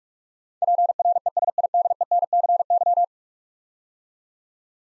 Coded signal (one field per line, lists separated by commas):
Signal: Morse code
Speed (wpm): 46 wpm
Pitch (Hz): 700 Hz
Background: none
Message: PRESIDENCY